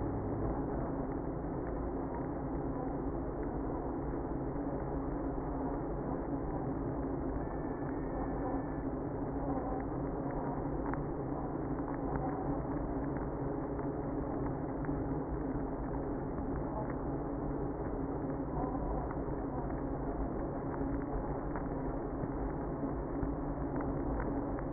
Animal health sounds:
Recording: honeybee colony, microphone inside the hive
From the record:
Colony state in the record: queenless (queen removed)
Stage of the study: after two queens were removed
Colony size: about 60,000 bees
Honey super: yes

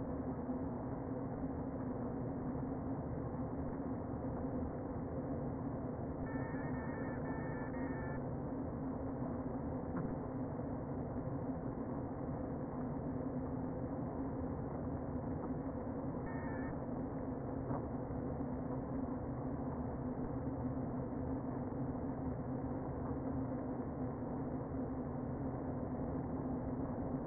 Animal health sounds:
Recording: honeybee colony, microphone inside the hive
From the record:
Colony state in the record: queen present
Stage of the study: before two queens were removed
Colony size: about 60,000 bees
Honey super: yes

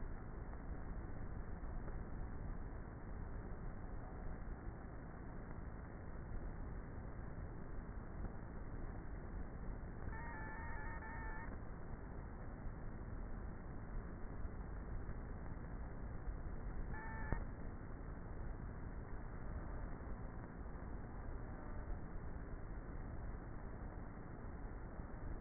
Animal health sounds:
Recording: honeybee colony, microphone inside the hive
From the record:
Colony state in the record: queenless with a low population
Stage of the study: before two queens were removed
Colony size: about 30,000 bees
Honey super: no

